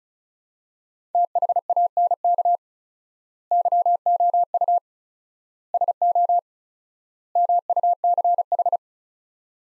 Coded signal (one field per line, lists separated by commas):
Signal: Morse code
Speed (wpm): 36 wpm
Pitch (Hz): 700 Hz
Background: none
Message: THANK YOU SO MUCH